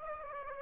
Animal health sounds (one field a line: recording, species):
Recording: mosquito wingbeat signal from an infrared sensor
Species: Aedes aegypti